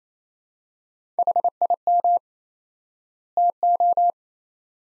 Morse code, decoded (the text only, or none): HIM TO